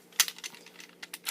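A magazine is pushed back into the grip of an unloaded 3rd Gen S&W 1076 pistol after reassembly, seating with a sharp metallic hit at 0.2 s. Quieter handling taps follow, then another loud metallic clack at the end.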